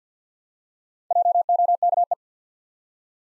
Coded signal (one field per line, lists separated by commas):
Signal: Morse code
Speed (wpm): 48 wpm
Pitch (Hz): 700 Hz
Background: none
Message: JOKE